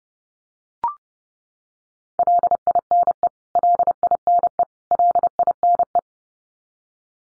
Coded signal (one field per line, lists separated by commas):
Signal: Morse code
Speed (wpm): 30 wpm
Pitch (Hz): 700 Hz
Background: none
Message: LINE LINE LINE